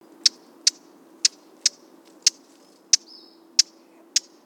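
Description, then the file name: Eurasian blackcap giving a series of eight hard, dry tack notes, with one soft thin note after the sixth. "Sylvia atricapilla"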